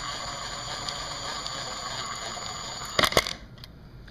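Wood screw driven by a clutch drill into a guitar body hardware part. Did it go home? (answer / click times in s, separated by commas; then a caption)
yes / 3.0 s, 3.2 s, 3.3 s. A wood screw is driven with a clutch drill into a guitar body hardware part while pressure is kept down on the drill. A steady drill whir runs with faint ticks, then the clutch slips and clicks at 3.0, 3.2, 3.3 and 3.3 seconds before the motor stops. The screw is seated.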